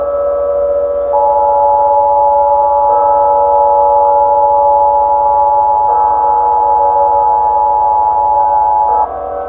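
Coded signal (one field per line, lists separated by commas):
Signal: Emergency Alert System (SAME) tones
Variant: 853 and 960 Hz attention tone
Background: music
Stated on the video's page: Fictional EAS scenario, not a real alert.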